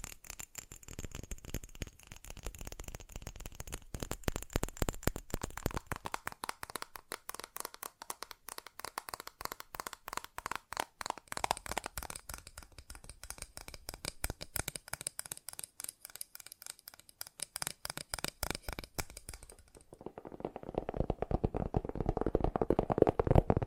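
Fast tapping runs the whole way through as a dense stream of sharp, dry clicks, quick and close to regular. The taps thin out slightly in the middle, then turn louder, busier and fuller-toned over the last few seconds.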